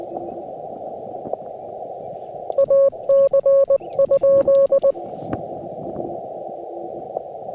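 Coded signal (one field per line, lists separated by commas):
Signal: Morse code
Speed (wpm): 20 wpm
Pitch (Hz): 550 Hz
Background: radio noise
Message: AC?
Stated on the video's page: Difficult QRP CW POTA activation at the Kentucky Horse Park using an FT-891, ZM-2 tuner and 9:1 end-fed random wire, with poor band conditions or a possible contest.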